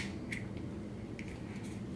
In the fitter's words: just push it in until it clicks